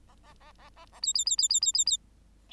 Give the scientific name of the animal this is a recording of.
Lonchura striata domestica